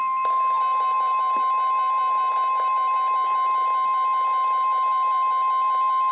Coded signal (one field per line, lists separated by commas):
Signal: Emergency Alert System (SAME) tones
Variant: 1050 Hz attention tone